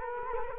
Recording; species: mosquito wingbeat signal from an infrared sensor; Culex quinquefasciatus